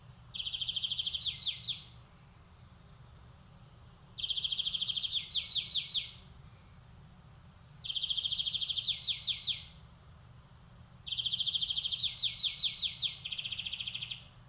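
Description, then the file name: European greenfinch song: four similar phrases, each a fast even trill breaking into a series of quick twittering notes, spaced about three to four seconds apart. "Chloris chloris"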